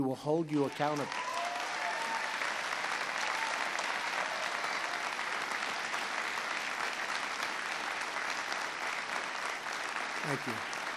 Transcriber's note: applause